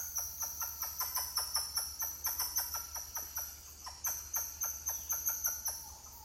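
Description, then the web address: Titi monkey calling: a fast, rhythmic train of strong pulsed notes with a brief pause midway, accompanied by shrill insect drone. More than one titi monkey calling. "Titi-monkeys-calling wilderness-songs"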